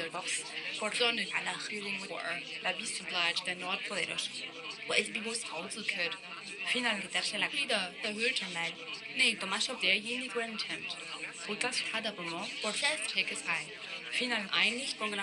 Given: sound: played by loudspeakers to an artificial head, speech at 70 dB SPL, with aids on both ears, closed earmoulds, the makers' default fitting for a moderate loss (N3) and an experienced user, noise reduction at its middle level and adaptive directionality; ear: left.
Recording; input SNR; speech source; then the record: speech test signal (ISTS) in cocktail-party noise; +3 dB; in front (0 degrees)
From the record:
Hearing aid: class 2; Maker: I